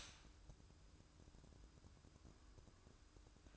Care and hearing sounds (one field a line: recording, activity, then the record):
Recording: daily activity, microphone in the room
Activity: stop toaster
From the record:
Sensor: 2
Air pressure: 1007.1 hPa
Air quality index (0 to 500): 41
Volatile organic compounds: 1 ppm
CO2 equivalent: 543 ppm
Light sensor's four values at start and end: 6/13/5/5 and 6/13/5/5